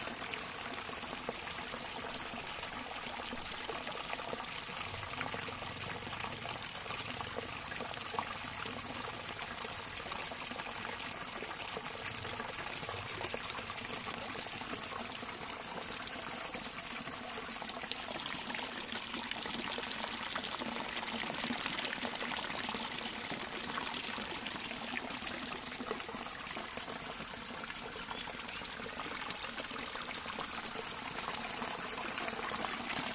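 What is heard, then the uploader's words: A Finnish stream rushes and trickles steadily over stones, a dense bright wash that swells slightly louder past the midpoint, with faint low rumbling early on. The Stream in Finland. We sit by a beautiful stream and listen to it flow. There is no talking or other sounds in the episode.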